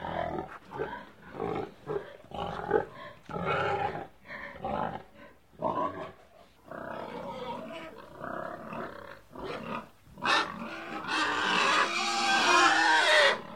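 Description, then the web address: Pig grunts and squeals: a rapid run of short, rough grunting bursts, then a long, loud, high-pitched squeal to the end. "pigs animal sounds 04-pig"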